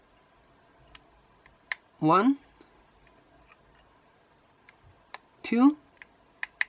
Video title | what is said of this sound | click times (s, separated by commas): DJI Mavic Air drone Disassembly Assembly "Battery error" fix. 如何拆解并维修无人机电池错误 | Very nice click sound. | 6.4 s, 6.6 s